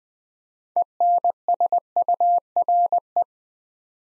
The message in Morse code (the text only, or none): ENSURE